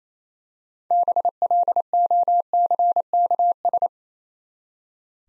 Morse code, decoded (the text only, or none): BLOCKS